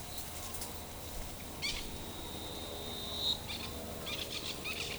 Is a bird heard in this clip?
yes